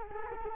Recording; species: mosquito wingbeat signal from an infrared sensor; Culex quinquefasciatus